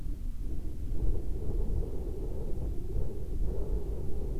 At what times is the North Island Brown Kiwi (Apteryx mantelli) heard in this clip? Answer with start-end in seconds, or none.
none